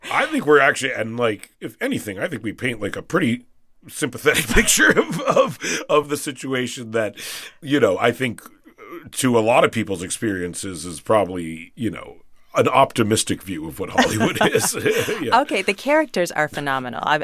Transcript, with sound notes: I think we're actually - and, like, if anything, I think we paint, like, a pretty sympathetic picture of the situation that, you know, I think to a lot of people's experiences is probably, you know, an optimistic view of what Hollywood is.
(LAUGHTER)
Yeah.
OK. The characters are phenomenal.